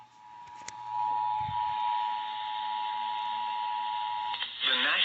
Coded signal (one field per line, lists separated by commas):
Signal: Emergency Alert System (SAME) tones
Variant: 853 and 960 Hz attention tone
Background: speech